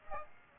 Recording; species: mosquito wingbeat signal from an infrared sensor; Aedes aegypti